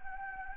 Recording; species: mosquito wingbeat signal from an infrared sensor; Anopheles gambiae